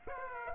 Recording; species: mosquito wingbeat signal from an infrared sensor; Aedes aegypti